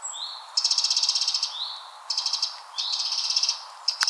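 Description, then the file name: Eurasian wren song: loud, high, rapid trills and rattles with rising slurred notes between bursts, all well above a faint low background hiss. "Troglodytes troglodytes"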